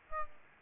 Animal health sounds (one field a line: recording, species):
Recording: mosquito wingbeat signal from an infrared sensor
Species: Aedes albopictus